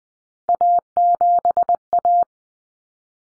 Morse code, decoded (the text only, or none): A7A